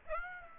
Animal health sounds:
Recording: mosquito wingbeat signal from an infrared sensor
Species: Aedes aegypti

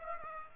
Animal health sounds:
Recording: mosquito wingbeat signal from an infrared sensor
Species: Aedes aegypti

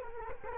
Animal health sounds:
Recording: mosquito wingbeat signal from an infrared sensor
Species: Culex quinquefasciatus

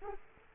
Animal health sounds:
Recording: mosquito wingbeat signal from an infrared sensor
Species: Aedes aegypti

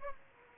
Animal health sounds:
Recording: mosquito wingbeat signal from an infrared sensor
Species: Aedes aegypti

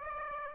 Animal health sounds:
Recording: mosquito wingbeat signal from an infrared sensor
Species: Aedes aegypti

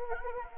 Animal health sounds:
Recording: mosquito wingbeat signal from an infrared sensor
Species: Anopheles gambiae

